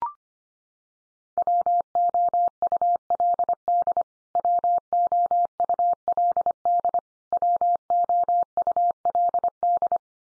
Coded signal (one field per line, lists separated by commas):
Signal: Morse code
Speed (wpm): 25 wpm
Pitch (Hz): 700 Hz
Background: none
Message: WOULD WOULD WOULD